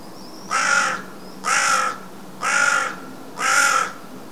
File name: Corvus corone